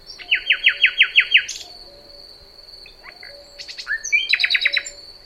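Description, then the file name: Common nightingale song: a fast rattling series of loud descending notes, then scattered whistles and chirps, and a second rapid trill near the end, over a steady high hum. "Luscinia megarhynchos"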